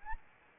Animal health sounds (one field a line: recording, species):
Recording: mosquito wingbeat signal from an infrared sensor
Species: Anopheles arabiensis